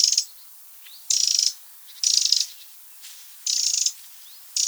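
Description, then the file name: Eurasian wren calling in dry, buzzy rattles, five brief bursts spaced roughly a second apart, with faint chirps behind. "Troglodytes troglodytes"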